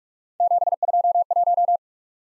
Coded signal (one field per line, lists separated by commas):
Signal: Morse code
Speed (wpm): 42 wpm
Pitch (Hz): 700 Hz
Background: none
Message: 721